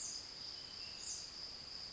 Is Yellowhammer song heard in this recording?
no